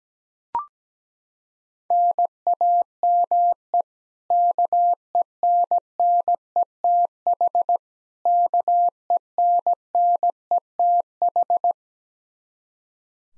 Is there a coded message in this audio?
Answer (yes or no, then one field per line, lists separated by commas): yes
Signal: Morse code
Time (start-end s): 1.9-11.7 s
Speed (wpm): 17 wpm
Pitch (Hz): 700 Hz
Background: none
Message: NAME KENNETH KENNETH